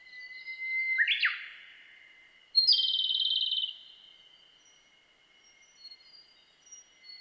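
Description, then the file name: Japanese robin singing a long flat whistled note that jumps abruptly higher, then a fast buzzy trill lasting about a second, with faint chirps afterward. Recorded 23 June 2007. "komadori 20070623"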